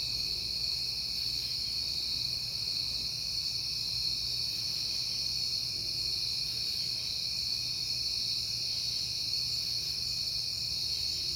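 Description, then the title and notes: Crickets keep up a continuous high-pitched trilling chorus for the whole stretch, with a quiet low rumble underneath. Crickets at night in September, recorded on a peaceful night. "Night Time: Crickets and Passing Cars. It is September and I have been hearing the crickets a lot, but finally had a peaceful night to make the recording"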